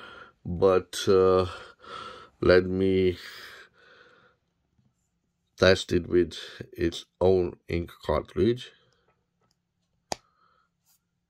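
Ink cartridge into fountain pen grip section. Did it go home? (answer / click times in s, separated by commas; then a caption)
yes / 10.1 s. Someone talks, then pushes the pen's own ink cartridge into the grip section of a Hemingway fountain pen until the nib pierces it. A single sharp, good-sounding click is heard at 10.1 s, and the cartridge is seated.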